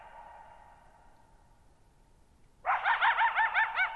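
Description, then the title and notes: Coyote breaks into a rapid run of rising and falling yips after a fading echo from an earlier call. Lone coyote at night, July 14, 2019, Thirtymile Meadows, Okanogan National Forest, Okanogan High Country, 6400 ft (1950 m); tall sharp mountains on a high, mostly dry plateau; shallow bowl-shaped meadow over boggy ground. "Lone Coyote at Thirtymile Meadows. I spent the night of July 14, 2019, camped near Thirtymile Meadows in the Okanogan National Forest at 6400 ft (1950 m)"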